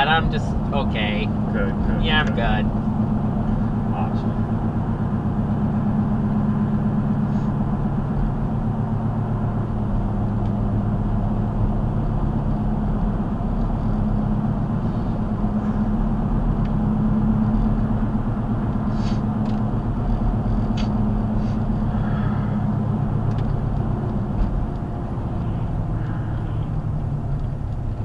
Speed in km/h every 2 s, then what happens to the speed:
69, 71, 71, 71, 69, 68, 71, 71, 71, 72, 71, 69, 63, 50.
0-17 steady at about 71. 17-28 slows to 50.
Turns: none.